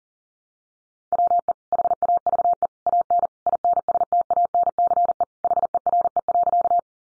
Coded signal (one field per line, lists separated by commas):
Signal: Morse code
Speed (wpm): 40 wpm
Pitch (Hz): 700 Hz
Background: none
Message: WE HAVE AN INSTANCE HERE.